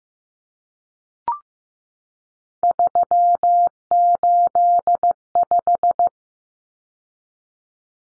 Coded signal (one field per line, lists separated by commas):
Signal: Morse code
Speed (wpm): 15 wpm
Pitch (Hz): 700 Hz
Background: none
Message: 385